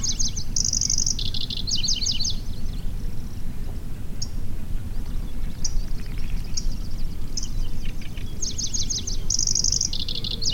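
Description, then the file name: Pallas's grasshopper warbler song: a quick high phrase of buzzy, rattling notes, then scattered single chips, then a similar phrase near the end, all over continuous low-pitched rumbling noise. "Golosa ptic - Pevchij sverchok Locustella certhiola"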